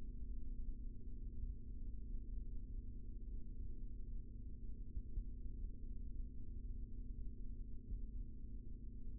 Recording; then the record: forearm muscle sounds (acoustic myography)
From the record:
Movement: rest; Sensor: system 3, bracelet of six PUI Audio POM-2738L microphones around the upper forearm, with dedicated amplification and filtering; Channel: 4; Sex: male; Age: 25 years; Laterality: right